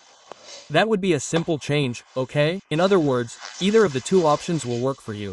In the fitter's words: until the tab makes a click and it would be in.